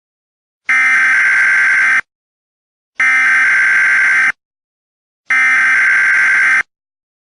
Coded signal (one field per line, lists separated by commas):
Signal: Emergency Alert System (SAME) tones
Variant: header bursts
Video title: EAS Scenario - ISIS Invades America, Part 1